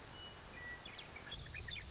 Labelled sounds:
Western Meadowlark (Sturnella neglecta)
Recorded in Sonoma County, California

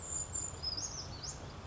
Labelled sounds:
Brown Creeper (Certhia americana)
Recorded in Sonoma County, California

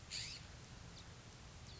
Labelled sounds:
California Scrub-Jay (Aphelocoma californica)
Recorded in Sonoma County, California

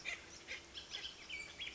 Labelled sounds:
Bullock's Oriole (Icterus bullockii)
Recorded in Sonoma County, California

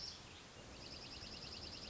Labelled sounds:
Dark-eyed Junco (Junco hyemalis)
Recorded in Sonoma County, California

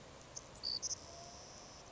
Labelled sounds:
Savannah Sparrow (Passerculus sandwichensis)
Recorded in Sonoma County, California

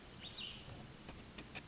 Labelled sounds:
Cassin's Vireo (Vireo cassinii)
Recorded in Sonoma County, California

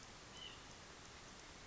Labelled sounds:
White-breasted Nuthatch (Sitta carolinensis)
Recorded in Sonoma County, California

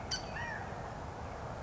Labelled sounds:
California Quail (Callipepla californica)
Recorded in Sonoma County, California

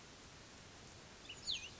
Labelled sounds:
Cassin's Vireo (Vireo cassinii)
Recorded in Sonoma County, California

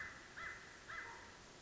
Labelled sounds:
American Crow (Corvus brachyrhynchos)
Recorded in Sonoma County, California

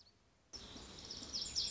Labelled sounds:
Lazuli Bunting (Passerina amoena)
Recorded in Sonoma County, California

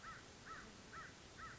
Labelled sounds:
American Crow (Corvus brachyrhynchos)
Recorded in Sonoma County, California

